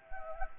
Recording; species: mosquito wingbeat signal from an infrared sensor; Anopheles gambiae